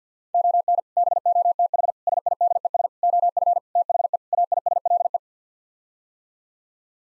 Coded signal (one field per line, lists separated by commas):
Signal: Morse code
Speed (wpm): 50 wpm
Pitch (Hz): 700 Hz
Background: none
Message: ON BOTH SIDES OF THE AISLE